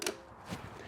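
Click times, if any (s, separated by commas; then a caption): 0.0 s, 0.1 s. A plastic height-locking ring is slid down the shaft of a toilet tank fill valve, after the valve's height has been set, until it snaps into place. Two quick, sharp clicks are heard at 0.0 s and 0.1 s, followed by a softer low thump around 0.5 s. The ring is seated and locked in.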